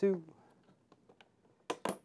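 Someone talks briefly, then the second plastic push pin of a CPU cooler's heatsink is pressed home into its motherboard mounting hole. After a few faint ticks, a sharp click sounds at 1.7 s, with another close behind it. The push pin is seated.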